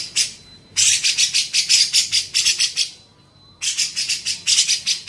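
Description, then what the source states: Grey-cheeked bulbul delivering bursts of quick, scratchy chatter separated by short gaps, with a faint thin tone in the gaps. Masteran tutoring song for training songbirds.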